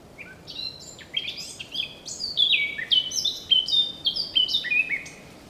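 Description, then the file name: Eurasian blackcap song, a rapid, varied warble of bright, high notes that grows louder and fuller through the phrase, with faint background hiss. "Sylvia atricapilla"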